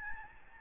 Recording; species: mosquito wingbeat signal from an infrared sensor; Aedes albopictus